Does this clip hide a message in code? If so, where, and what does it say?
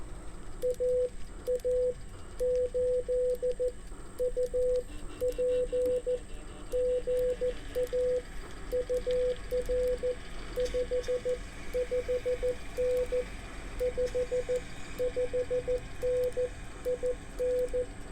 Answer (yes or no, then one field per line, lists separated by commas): yes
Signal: Morse code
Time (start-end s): 0.6-17.8 s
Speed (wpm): 14 wpm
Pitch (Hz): 500 Hz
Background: radio noise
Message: AA8UP GA UR 55N 55N IN